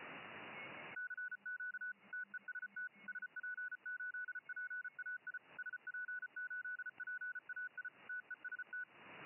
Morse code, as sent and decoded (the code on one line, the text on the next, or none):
-.-. --.- / - . ... - / ... .--. ---.. .--. .- .. / ... .--. ---.. .--. .- .. / - . ... -
CQ TEST SP8PAI SP8PAI TEST